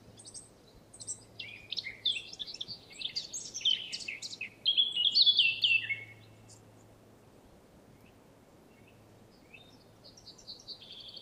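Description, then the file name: Eurasian blackcap song: a hurried scratchy warble that swells into a loud, clear, fluty flourish, then fades to a few faint high notes, over a low hum. "Sylvia atricapilla"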